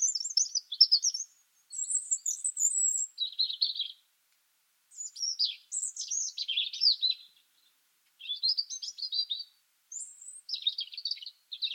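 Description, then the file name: European robin delivering a run of varied warbled phrases, some very high and thin, others lower and twittering, with short pauses between them. "Erithacus rubecula"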